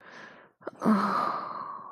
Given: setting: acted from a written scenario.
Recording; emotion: vocal sound without words; ecstasy